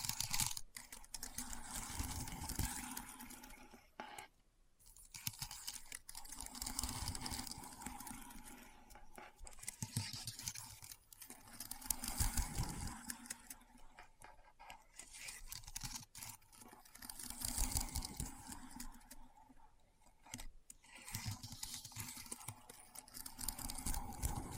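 Keyboard typing in quick, dense bursts of clicks and clatter, each run lasting a few seconds before brief pauses around 4, 11, 16 and 21 seconds. A low, steady hum runs underneath, and the typing rises and falls in loudness throughout.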